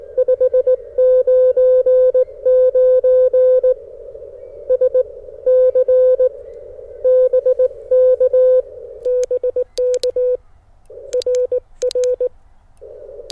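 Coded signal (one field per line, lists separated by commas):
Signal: Morse code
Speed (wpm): 18 wpm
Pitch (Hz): 510 Hz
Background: none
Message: 599 SC BK BK RR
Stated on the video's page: Parks on the Air activation with a portable QRP station, Icom IC-705 on battery, antenna in a tree.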